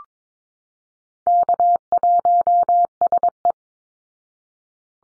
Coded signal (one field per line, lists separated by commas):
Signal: Morse code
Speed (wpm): 22 wpm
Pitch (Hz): 700 Hz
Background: none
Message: K1SE